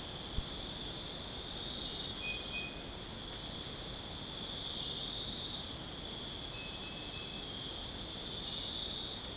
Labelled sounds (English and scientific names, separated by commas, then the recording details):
none
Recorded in secondary vegetation near Puerto Asís, Putumayo, Colombia, on 29 June 2025 at 04:30
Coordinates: 0.484, -76.319
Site G074